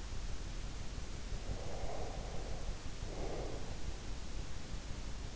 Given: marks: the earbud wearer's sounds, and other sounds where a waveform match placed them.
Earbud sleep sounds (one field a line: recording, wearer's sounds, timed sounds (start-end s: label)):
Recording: sounds in sleep by an in-ear microphone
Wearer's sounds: breath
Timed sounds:
1.18-4.01 s: breath